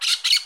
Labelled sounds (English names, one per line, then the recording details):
Brown-throated Parakeet contact call
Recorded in Curacao